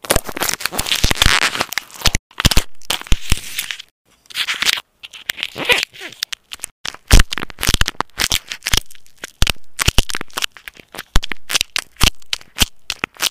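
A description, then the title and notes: Sticky tape is pulled and peeled, with long ripping stretches near the start and again around four to six seconds. After that come quick, irregular crackles and snaps of tape coming unstuck, dense and bright, separated by short silences. ASMR with Sticky Stuff. Sounds of sticky substances like tape.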